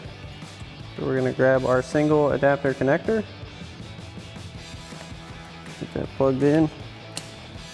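Someone talks over music while a plastic adapter harness connector is pushed into the single connector of a Morimoto XB Evo LED headlight for a 2016-2023 Toyota Tacoma. A sharp snap at 7.2 s marks the connector seating, with the safety tab to be locked down afterward.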